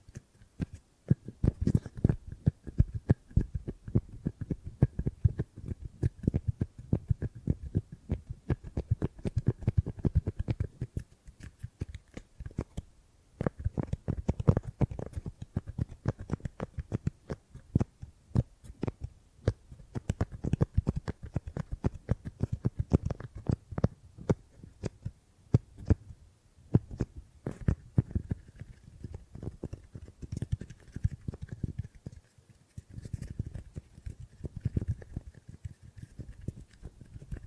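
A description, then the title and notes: Dense gripping and grabbing sounds: rapid dull thumps and soft rustles crowd together in bursts of several seconds, with brief quieter gaps around 12, 25 and 32 seconds. The handling is mostly low and muffled, over a faint steady hum. ASMR Brain Tingly Gripping and Grabbing Sounds for Sleep (No Talking).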